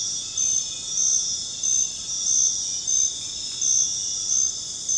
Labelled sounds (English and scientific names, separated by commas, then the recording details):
none
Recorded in dense forest near Puerto Asís, Putumayo, Colombia, on 9 March 2025 at 00:00
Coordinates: 0.486, -76.317
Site G053